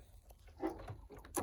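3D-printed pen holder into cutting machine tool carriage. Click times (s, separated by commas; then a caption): 1.4 s. A 3D-printed resin universal pen holder, made on an Anycubic Photon Mono, is pushed into the tool carriage of a Brother ScanNCut cutting machine. Faint handling and scraping noises build to a brief tap at 1.2 s and a loud, sharp click at 1.4 s as the holder seats in the carriage.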